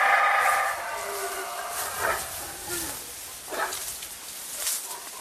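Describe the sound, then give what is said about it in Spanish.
A howler monkey call: a loud, hoarse, strongly harmonic cry at the start, followed by a series of shorter rasping bursts that rise and fall in pitch. “Por ejemplo, ese cabroncete llamado Dilophosaurio, que escupía veneno, estaba hecho a través de la combinación de un mono aullador.”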